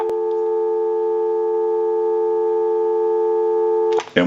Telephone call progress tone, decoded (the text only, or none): dial tone